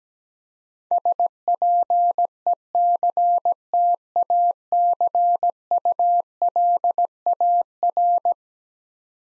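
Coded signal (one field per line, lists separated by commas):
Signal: Morse code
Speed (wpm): 17 wpm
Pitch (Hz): 700 Hz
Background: none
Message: SPECTACULAR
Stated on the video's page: Eleven-letter words sent as a head-copy drill, each sent in Morse, spoken, then sent again.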